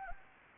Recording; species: mosquito wingbeat signal from an infrared sensor; Anopheles gambiae